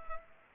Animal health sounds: mosquito wingbeat signal from an infrared sensor; Culex pipiens

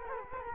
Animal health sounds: mosquito wingbeat signal from an infrared sensor; Culex quinquefasciatus

